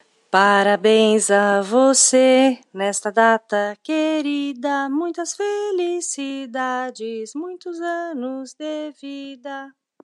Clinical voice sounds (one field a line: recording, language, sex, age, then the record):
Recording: short text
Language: Brazilian Portuguese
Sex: female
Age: 40 to 49 years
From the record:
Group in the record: control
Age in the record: 46 years